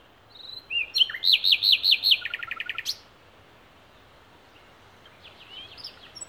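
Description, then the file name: Common nightingale song: a rising whistle, then a fast series of repeated notes and a rapid rattle, a pause, and a softer phrase of quick notes at the end. "Luscinia megarhynchos"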